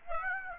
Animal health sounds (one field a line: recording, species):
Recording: mosquito wingbeat signal from an infrared sensor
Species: Aedes aegypti